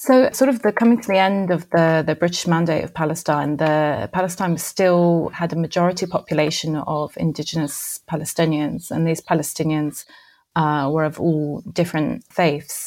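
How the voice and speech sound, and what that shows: A woman speaks fluently in a steady, clear, mid-pitched voice with natural pauses; typical adult speech.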